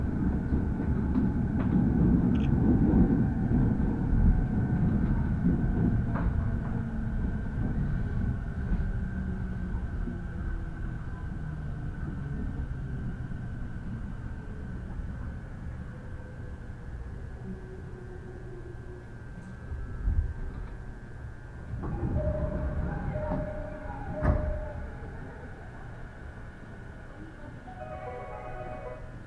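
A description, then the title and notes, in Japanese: Onboard a rapid train on the Uchibo Line, a heavy low rumble dominates the first seconds, then gradually eases as the train slows. A steady whine runs throughout, short bursts and clanks come around 20–25 seconds, and brief high tones sound near the end. 鉄道旅 内房線快速 千葉→木更津。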